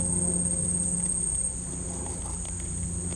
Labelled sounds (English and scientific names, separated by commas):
none